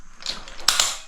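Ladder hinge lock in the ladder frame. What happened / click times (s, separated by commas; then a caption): The lock snapped fully into place / 0.7 s. A ladder's hinge lock in the ladder frame, not fully engaged, is pushed until it snaps home. After some quieter mechanical ratcheting, it gives a sharp, loud click at 0.7 s, followed by a brief rattle. The lock is now seated and confirmed locked.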